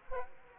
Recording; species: mosquito wingbeat signal from an infrared sensor; Aedes aegypti